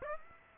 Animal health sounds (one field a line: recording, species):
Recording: mosquito wingbeat signal from an infrared sensor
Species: Aedes aegypti